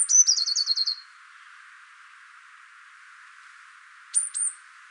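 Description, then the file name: Eurasian blue tit calling: a couple of thin high notes run into a quick chattering series of notes for about a second, then after a pause two sharp high descending notes. "Cyanistes caeruleus"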